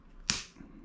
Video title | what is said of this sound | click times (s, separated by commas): 1x Bikes Episode 12 ( INSTALLING A 1X DRIVE TRAIN ) | there's the click | 0.3 s